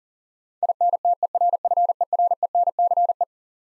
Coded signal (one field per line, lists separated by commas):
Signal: Morse code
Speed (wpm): 40 wpm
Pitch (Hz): 700 Hz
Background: none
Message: INTERFERENCE